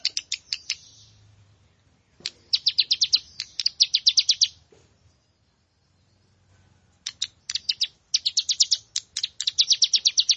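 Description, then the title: Plain prinia singing in bursts of rapid, buzzy high notes, separated by pauses. "Ciblek Sawah"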